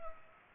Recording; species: mosquito wingbeat signal from an infrared sensor; Culex pipiens